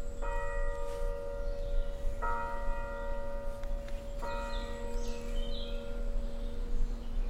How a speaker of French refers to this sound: On entend la cloche de la chapelle de la Sainte-Baume qui est installée dans la grotte en haut de la falaise et qui résonne jusque dans la forêt.